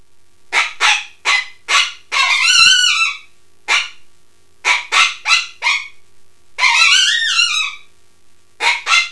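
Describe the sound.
Coyote calls: a quick run of high yips, then a long quavering howl, more scattered yips, a second wavering howl and a few final yips.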